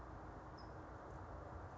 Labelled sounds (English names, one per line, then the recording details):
California Towhee
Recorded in Sonoma County, California